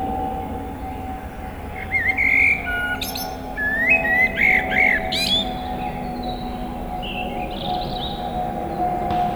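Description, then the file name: Eurasian blackbird sings a few short whistled and squeaky notes around the middle, over a steady low hum and background noise. "Turdus merula"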